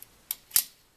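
An auto reed hook is pushed up into a dent of a metal loom reed with slight pressure to the left until its mechanism catches. There is a faint tick near 0.0 s, a sharp bright click at 0.3 s, and a louder, longer snap at 0.6 s. The click at 0.3 s marks the hook catching in the reed.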